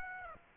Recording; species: mosquito wingbeat signal from an infrared sensor; Aedes aegypti